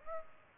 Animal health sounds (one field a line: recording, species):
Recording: mosquito wingbeat signal from an infrared sensor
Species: Aedes albopictus